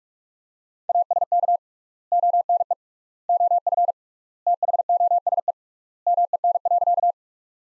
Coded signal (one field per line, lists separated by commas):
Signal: Morse code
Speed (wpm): 46 wpm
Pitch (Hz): 700 Hz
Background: none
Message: ASK ONE OF THOSE MEN.